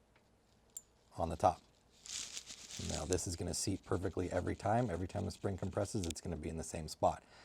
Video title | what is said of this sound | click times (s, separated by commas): Empire Vanquish 1.5 Paintball Gun - Review | and it snaps in place | 0.8 s